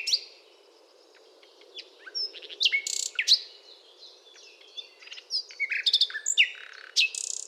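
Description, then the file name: Common nightingale delivering busy, varied song: sharp upslurred chirps, short buzzes and whistled notes tumbling one after another, with a faint steady hum below. "Luscinia megarhynchos"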